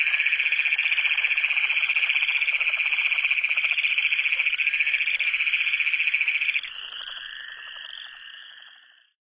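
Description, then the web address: Great Plains toad giving a loud, rapid pulsed trill at a steady high pitch for several seconds, then dropping to a quieter, slightly shifting trill that fades out. North America. "Songs of Frogs Toads of North America. Great Plains Toad"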